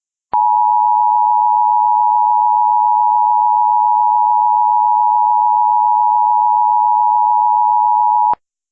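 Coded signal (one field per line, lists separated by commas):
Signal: Emergency Alert System (SAME) tones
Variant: 853 and 960 Hz attention tone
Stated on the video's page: Valid EAS tones in a compilation of Hurricane Dorian alerts.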